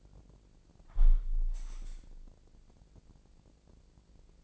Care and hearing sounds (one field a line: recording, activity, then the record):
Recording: daily activity, microphone in the room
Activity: close window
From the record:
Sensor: 5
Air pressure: 1012.4 hPa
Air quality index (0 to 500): 158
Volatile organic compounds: 2 ppm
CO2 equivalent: 1071 ppm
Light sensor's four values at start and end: 107/258/109/120 and 107/257/108/120